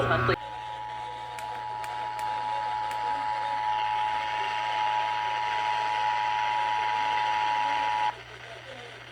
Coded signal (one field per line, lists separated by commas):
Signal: Emergency Alert System (SAME) tones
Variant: 853 and 960 Hz attention tone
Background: speech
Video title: EAS- Riverside/ San Bernardino County Required Monthly Test (RMT) on KFRG, KRXV, and KHTI-FM